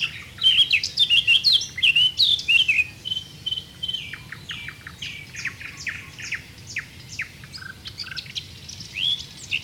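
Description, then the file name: Eurasian blackcap song: an energetic warble for about three seconds, then many short, quick downslurred notes repeated irregularly. "Sylvia atricapilla"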